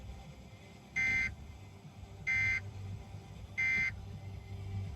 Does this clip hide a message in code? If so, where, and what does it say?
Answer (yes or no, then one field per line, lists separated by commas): no